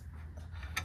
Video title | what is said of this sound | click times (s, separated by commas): Finally manual swapping my s13 240sx Part 1 | You'll feel it more than you can hear it. There you go. It's like a little ding, and you'll be good. | 0.8 s